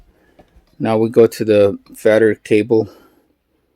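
Someone talks while a thicker USB-C fast-charging cable plug is handled near the port of a Samsung Galaxy S21 Ultra 5G inside an ESR metal kickstand clear protective case. Only a faint brief sound comes at about 0.7 s before the speech. The plug has not seated or clicked into the port yet.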